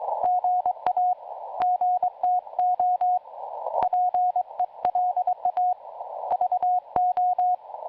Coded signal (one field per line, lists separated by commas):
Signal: Morse code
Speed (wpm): 22 wpm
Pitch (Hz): 720 Hz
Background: radio noise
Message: GA GTO PELA VO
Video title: PY2YD e PY1AX QSO RX SDR PARD.